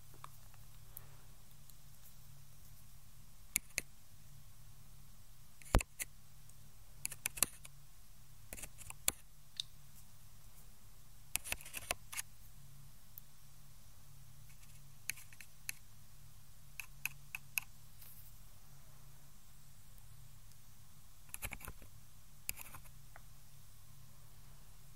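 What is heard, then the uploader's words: Ear cleaning sounds: sparse, irregular sharp clicks and small scratchy crackles, some in quick clusters, over a steady low hum throughout. ASMR EXTREMELY TINGLY Ear Cleaning Sounds.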